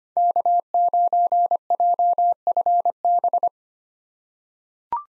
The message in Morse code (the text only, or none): K9JFB